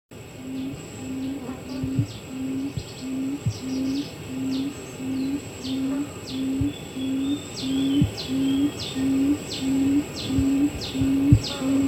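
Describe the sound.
Barred buttonquail giving steady low, muffled hoots about every two-thirds of a second, over low rumbling background noise and faint high insect ticks.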